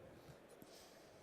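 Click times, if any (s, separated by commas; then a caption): none. A metal solar panel end clamp is handled over an aluminium roof mounting rail, with low, steady handling noise and a brief faint tap around 0.6 s. Nothing has seated or clicked yet; the clamp is not yet in position.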